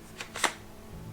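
The barrel and forend assembly of a Franchi Affinity Elite semi-auto shotgun is pushed all the way back onto the receiver and magazine tube to close a small visible gap. Sharp clicks are heard at 0.2 s, 0.4 s and 0.4 s, the last being the loudest. The barrel seats fully and the gap is gone.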